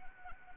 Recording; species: mosquito wingbeat signal from an infrared sensor; Anopheles arabiensis